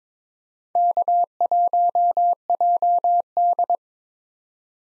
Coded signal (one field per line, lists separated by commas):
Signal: Morse code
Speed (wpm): 22 wpm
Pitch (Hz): 700 Hz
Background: none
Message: K1JD